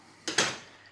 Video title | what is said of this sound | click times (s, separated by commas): Evolution RAGE 5S Mulit-Material Table Saw - Features & Initial Thoughts #tools #palletwood #review | then it's going to lock into place and then stand back up like that so again that's | 0.3 s, 0.4 s